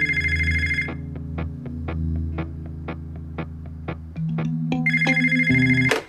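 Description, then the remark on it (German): A telephone in front of a couch rings with a bright, buzzy electronic tone at the start and again at the end, separated by a steady low hum and a run of evenly spaced soft clicks. “Renata sitzt immer noch auf der Couch vor dem Telefon.”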